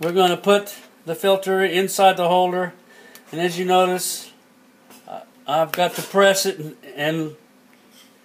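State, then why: Seated. Someone talks while pressing an Optolong EOS C clip-in astro filter into its holder inside the camera body. A short, quiet snap is heard at 7.7 s as the filter seats in the holder.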